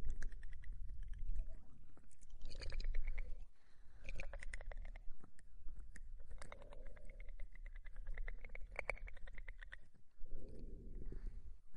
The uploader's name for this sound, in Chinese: 填满脑阔的口腔音